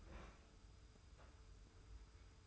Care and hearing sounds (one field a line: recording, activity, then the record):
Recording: daily activity, microphone in the room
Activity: open fridge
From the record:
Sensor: 2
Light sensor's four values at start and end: 23/54/22/22 and 23/54/22/22